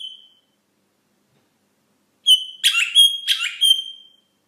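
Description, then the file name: Rosella whistled calls: a short fading note, a pause, then a quick series of several bright, harmonic-rich whistled notes. "Canto da Rosela"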